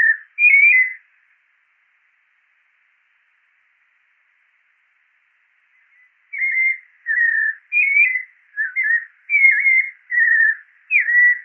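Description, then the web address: White-necked thrush gives a whistled phrase, falls silent for about five seconds, then delivers a steady run of varied, slurred whistled phrases. "Turdus albicollis - Zorzal de cuello blanco"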